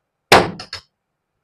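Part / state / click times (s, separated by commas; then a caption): plastic clip-in part into a top-load washing machine body / seated / 0.3 s. A plastic clip-in part is pushed into the body of a top-load washing machine during a repair. There is a sharp, loud snap at 0.3 s, followed by two quieter knocks around 0.6 s and 0.7 s, then silence. The part is seated and neatly locked into place.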